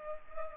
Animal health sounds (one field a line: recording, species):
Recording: mosquito wingbeat signal from an infrared sensor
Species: Culex pipiens